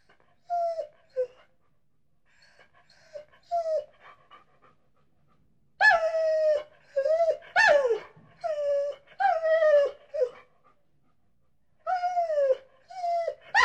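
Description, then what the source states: Dog whimpering with high, downward-sliding cries, sparse at first, then a dense run of quick whines before easing into a few final calls. Scared dog whining.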